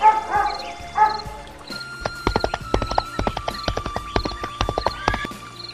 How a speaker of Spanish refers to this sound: El latir de los perros y el galope de caballos.